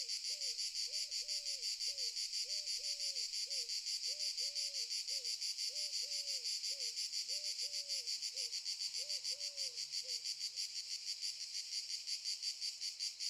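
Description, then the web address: Cicadas keep up a shrill pulsing buzz while a lower, soft two-part call repeats in a steady series for the first ten seconds. Cicadas stridulating very loudly in summer fields during the day, in the morning. "Sculp Tunes - Summer in the field - Crickets and Cicadas - Summer in the fields - DAY Morning - the cicadas stridulate very loudly"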